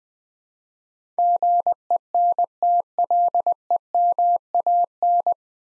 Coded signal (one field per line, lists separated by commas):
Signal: Morse code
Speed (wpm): 20 wpm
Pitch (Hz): 700 Hz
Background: none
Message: GENTLEMAN